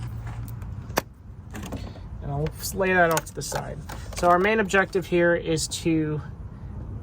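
The locking tab on the plastic electrical connector of the evap purge valve on a 2008–2019 Ford Fiesta 1.6L is squeezed, giving a sharp click at 1.0 s, and the connector is pulled off the valve. There are a few softer taps before and after the click, and then someone talks. The connector is released.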